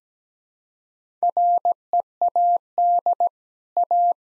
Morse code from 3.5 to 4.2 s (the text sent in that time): A